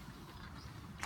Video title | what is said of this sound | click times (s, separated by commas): Eagle 1-Exterior Walkthrough | it in and it will lock into where it's at then | 1.0 s